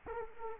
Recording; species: mosquito wingbeat signal from an infrared sensor; Anopheles gambiae